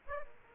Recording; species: mosquito wingbeat signal from an infrared sensor; Aedes aegypti